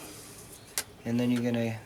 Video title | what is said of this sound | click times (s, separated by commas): Diesel Mercedes Sprinter Van EGR Valve Cleaning | should just clip right in and then | 0.8 s